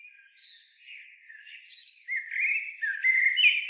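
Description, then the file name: Eurasian blackbird with soft, wavering warbles that build into louder, clearer whistled notes in the second half. "Turdus merula"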